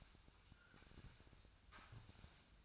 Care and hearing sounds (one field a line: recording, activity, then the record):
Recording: daily activity, microphone in the room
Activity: sweep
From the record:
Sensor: 2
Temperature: 24.9 degrees Celsius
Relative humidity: 39.7%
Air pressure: 1001.5 hPa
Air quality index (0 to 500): 227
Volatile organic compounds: 26 ppm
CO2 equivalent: 2852 ppm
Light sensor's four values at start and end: 8/26/10/9 and 8/26/10/9